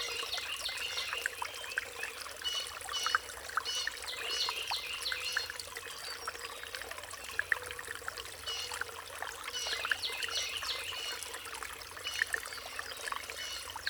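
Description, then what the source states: Songbirds giving dense runs of high, chattering notes almost throughout, with trickling water running underneath. Riparian zone.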